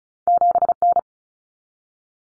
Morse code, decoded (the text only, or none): 7N